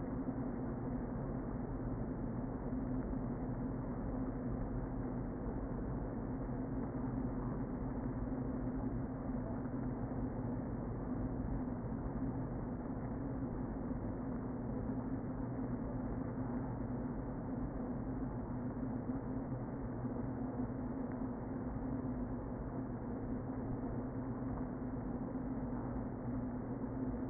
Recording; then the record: honeybee colony, microphone inside the hive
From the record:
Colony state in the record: queen present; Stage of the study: before two queens were removed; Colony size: about 60,000 bees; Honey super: yes